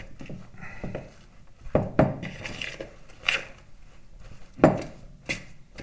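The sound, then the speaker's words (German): Ingredients being stirred in a bowl: a utensil scrapes and clinks against the sides in an irregular rhythm, with a few sharper, louder knocks among the softer rustling. No one speaks. “Wird auch noch verrührt.”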